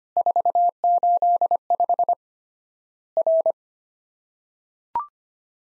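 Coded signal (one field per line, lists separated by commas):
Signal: Morse code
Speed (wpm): 25 wpm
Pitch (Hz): 700 Hz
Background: none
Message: 485 R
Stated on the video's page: Worked All Europe DX Contest QTC exchange sent at 25wpm as a Morse copying drill, each exchange sent twice.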